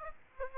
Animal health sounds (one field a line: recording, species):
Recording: mosquito wingbeat signal from an infrared sensor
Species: Aedes aegypti